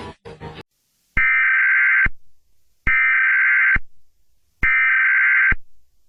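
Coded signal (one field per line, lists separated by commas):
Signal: Emergency Alert System (SAME) tones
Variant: header bursts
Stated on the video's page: Fictional analog-horror EAS scenario, not a real alert.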